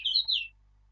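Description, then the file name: Eurasian blackcap song fragment: two short whistled notes, the first rising and the second falling away, lasting about half a second. "Sylvia atricapilla"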